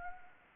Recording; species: mosquito wingbeat signal from an infrared sensor; Anopheles arabiensis